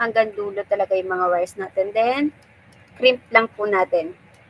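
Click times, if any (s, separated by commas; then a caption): none. Someone talks while the wires of a twisted-pair network cable are pushed fully into an RJ45 plastic connector, ready to be crimped with a crimping tool. A click during crimping is fine and does not mean the RJ45 broke, but nothing has seated or clicked yet in this clip.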